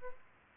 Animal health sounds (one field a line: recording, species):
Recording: mosquito wingbeat signal from an infrared sensor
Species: Aedes albopictus